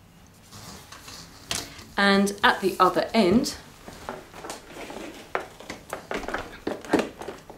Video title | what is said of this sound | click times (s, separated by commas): Vax C89MAB Mach Air Multicyclonic lightweight vacuum cleaner review | at one end of our hose let's snap in the crevice tool and the dusting brush | 1.5 s